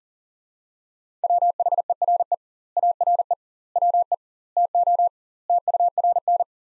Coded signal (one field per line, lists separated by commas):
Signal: Morse code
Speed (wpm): 40 wpm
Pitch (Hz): 700 Hz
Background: none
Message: WHERE ARE WE TO TURN